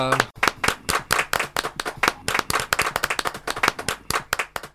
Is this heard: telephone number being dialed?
no